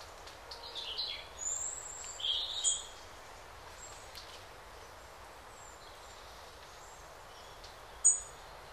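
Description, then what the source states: Songbird twitters: several short high warbled phrases in the first three seconds, then quiet hiss with a single sharp high note near the end. Calm forest by day with birds singing.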